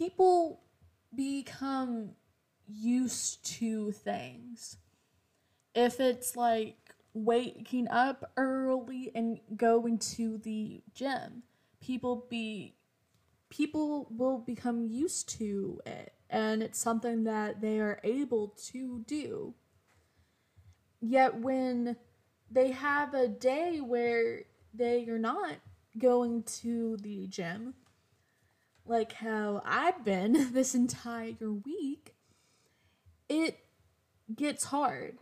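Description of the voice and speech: An adult woman with a stutter and ADHD speaks in short bursts with frequent stretched sounds, such as drawn-out consonants and vowels, and silent blocks that break phrases mid-sentence. These prolongations and blocks are typical of stuttering. The setting is quiet and indoors, at a dining room table.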